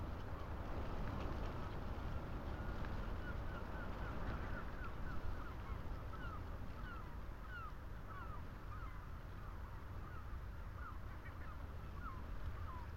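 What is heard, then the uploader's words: Wind roars steadily through the tree and the telegraph wires, a dense, low rushing that holds its level from start to finish. Over it, short squeaky seagull cries come often, clustering from about three seconds onward. Lone tree under windswept telegraph wires. The long line of them that stand along the Creel Path, on the east coast of Scotland. The tree, weather stunted and probably overlooked by almost all who stumble by on the rough stone track, holds and shelters the Lento microphones. Seagulls can be heard too.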